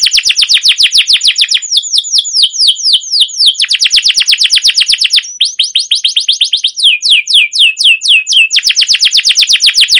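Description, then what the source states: Canary song, a loud unbroken stream of very fast sweeping chirps and trills, changing pace a few times over ten seconds. Long rolling 'ngerol' gacor canary song with 'cuit cuit' notes, used as a lure or master recording to train and stimulate other canaries.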